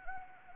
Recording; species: mosquito wingbeat signal from an infrared sensor; Anopheles gambiae